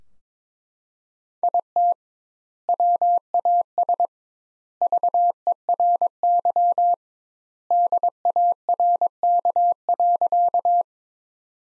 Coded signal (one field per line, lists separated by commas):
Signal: Morse code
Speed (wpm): 22 wpm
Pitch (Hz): 700 Hz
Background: none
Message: IT WAS VERY DARK.